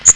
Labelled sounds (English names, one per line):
Magnolia Warbler flight call